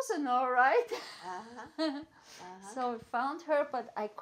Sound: laughs

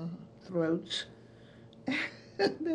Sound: chuckles

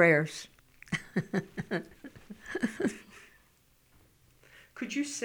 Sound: she laughs

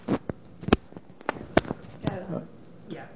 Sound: disturbance to the microphone

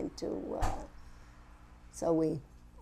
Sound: sound of door

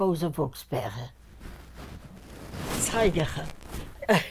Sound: disturbance to the microphone

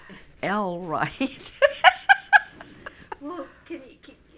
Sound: she laughs

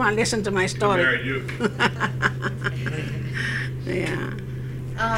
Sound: laughs

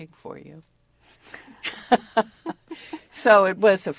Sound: laughs

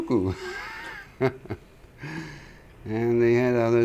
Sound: laughs

